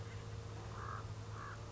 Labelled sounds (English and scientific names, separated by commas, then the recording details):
Common Raven (Corvus corax)
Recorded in Sonoma County, California